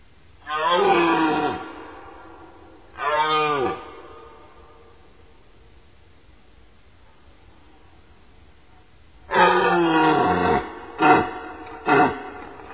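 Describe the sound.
Deer calling with two hoarse, harmonic bellows, a pause of several seconds, then a longer roar followed by two short grunting barks.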